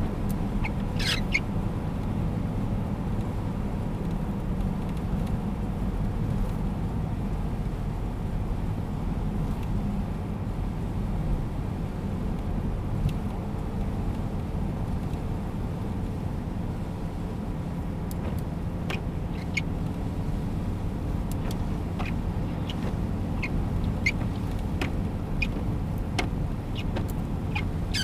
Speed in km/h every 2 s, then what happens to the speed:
107, 105, 102, 101, 100, 99, 97, 96, 96, 95, 95, 96, 96, 96.
0-12 slows to 97. 12-28 steady at about 96.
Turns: none.